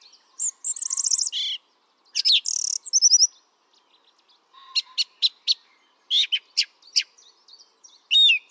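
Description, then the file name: Song thrush song: a buzzy rattling trill, then clear high whistled phrases, a short note repeated several times, and sharp scratchy notes. "Turdus philomelos"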